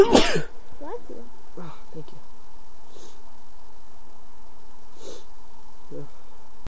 Male sneeze.